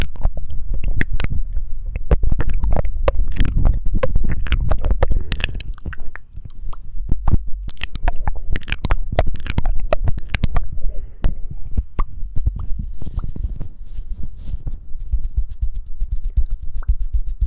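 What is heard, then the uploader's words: ASMR mouth sounds and ear cleaning: a dense run of wet clicks, smacks and soft crackles over a constant low rumble. The sharp clicks come thick and irregular through the first ten seconds, then thin out into scattered pops and faint hissy rustling. ASMR Mouth Sounds Ear Cleaning.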